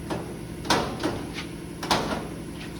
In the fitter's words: it's latched. Feels latched.